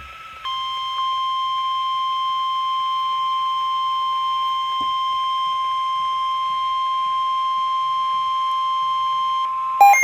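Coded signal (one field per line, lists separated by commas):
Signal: Emergency Alert System (SAME) tones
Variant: 1050 Hz attention tone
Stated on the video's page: Severe thunderstorm warning EAS alerts on NOAA Weather Radio, streamed live.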